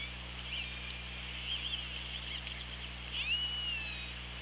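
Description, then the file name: Killer whale calls: several wavering tonal calls, the clearest a rising then falling sweep with harmonics near the end, against constant hydrophone hiss and hum. Recorded by an OrcaLab hydrophone on 24 August 2017 at 17:20. "Orca Lab UTLN JASON 20170824 172058"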